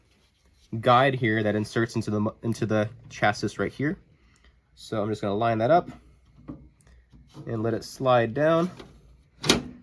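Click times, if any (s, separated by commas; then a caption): 9.4 s, 9.5 s. A plastic fan shroud for a Dell T710 server is lined up with its guide and slid down into the server chassis while someone talks. It seats with a sharp click at about 9.4 and 9.5 seconds.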